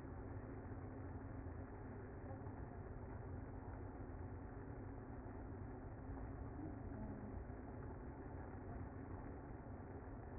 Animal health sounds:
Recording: honeybee colony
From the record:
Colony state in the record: active

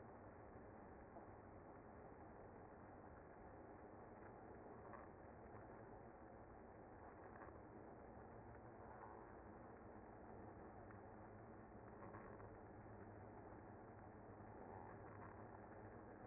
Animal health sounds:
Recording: honeybee colony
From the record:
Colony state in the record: active

